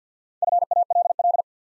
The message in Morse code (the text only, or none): FALL